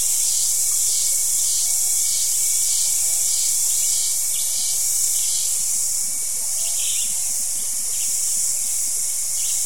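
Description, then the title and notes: Cicada chorus: a steady high shrill drone overlaid with repeated buzzy pulses. Cicadas calling at the end of the day in a wet jungle in Costa Rica. "as Cicadas bring an end to the day"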